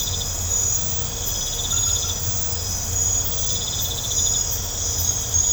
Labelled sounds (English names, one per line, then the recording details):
none
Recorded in pastures near Puerto Asís, Putumayo, Colombia, on 21 December 2024 at 22:00
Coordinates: 0.502, -76.324
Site G077